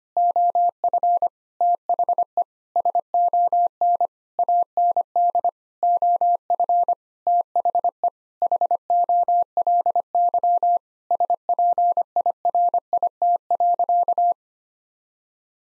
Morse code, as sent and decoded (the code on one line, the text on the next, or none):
--- ..-. / - .... . / ... --- -. / .- -. -.. / --- ..-. / - .... . / .... --- .-.. -.-- / ... .--. .. .-. .. - .-.-.-
OF THE SON AND OF THE HOLY SPIRIT.